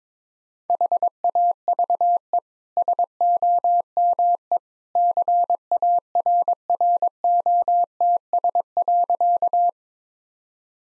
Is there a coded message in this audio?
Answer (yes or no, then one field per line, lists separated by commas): yes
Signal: Morse code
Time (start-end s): 0.7-9.7 s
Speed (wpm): 21 wpm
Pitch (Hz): 700 Hz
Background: none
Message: HAVE SOME CARROTS.